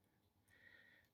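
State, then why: Not seated. The hips of a plastic NewAge Toys H44 Ymir transforming robot figure are handled and pushed back during transformation, with quiet handling noise and a faint tone rising in the middle. Nothing has seated or clicked yet; the clip ends before the hip joint locks into place.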